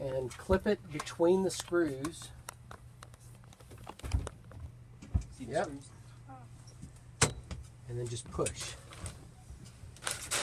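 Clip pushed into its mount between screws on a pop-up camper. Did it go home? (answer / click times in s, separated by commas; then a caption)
no / none. A clip on a pop-up camper is positioned between the screws of its mount and pushed by hand while someone talks. Short handling taps and knocks are heard, including a sharper one near 7.2 seconds. Nothing has seated or clicked into place yet.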